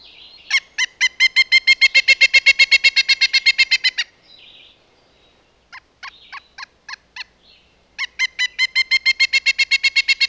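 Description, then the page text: Pileated woodpecker calling: a loud, ringing, rapid series of wuk notes in a long run, a short broken stretch, then another long run. "Pileated Woodpecker. Quick Sounds library"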